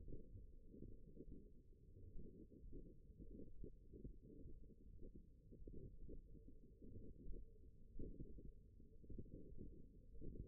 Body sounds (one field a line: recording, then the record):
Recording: forearm muscle sounds (acoustic myography)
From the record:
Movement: tripod grip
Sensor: system 1, eight BSWA MPA416 microphones around the upper forearm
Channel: 7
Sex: female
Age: 21 years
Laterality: right